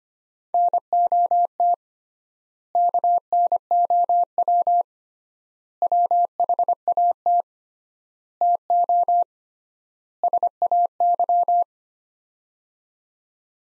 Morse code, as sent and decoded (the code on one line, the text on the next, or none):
-. --- - / -.- -. --- .-- / .-- .... .- - / - --- / ... .- -.--
NOT KNOW WHAT TO SAY